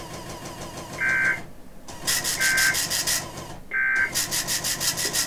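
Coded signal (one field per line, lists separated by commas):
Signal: Emergency Alert System (SAME) tones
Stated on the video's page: Child abduction emergency alerts relayed on an internet stream station and an AM station.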